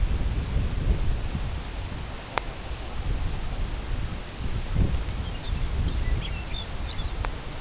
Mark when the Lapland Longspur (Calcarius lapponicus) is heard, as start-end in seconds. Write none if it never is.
4.83-7.18